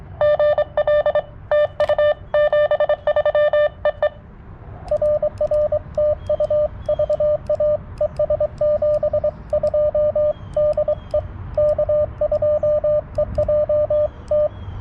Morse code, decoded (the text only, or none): GL TU 73 EE RR TU VA ES 72 DE K2EJT